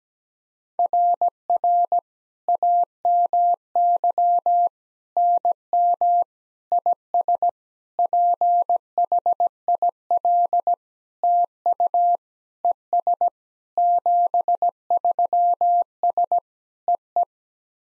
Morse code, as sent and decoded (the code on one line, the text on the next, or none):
.-. .-. / .- -- -.-- / -. -- / .. ... / .--. .... .. .-.. / - ..- / . ... / --... ...-- ... / . .
RR AMY NM IS PHIL TU ES 73S EE